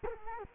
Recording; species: mosquito wingbeat signal from an infrared sensor; Culex quinquefasciatus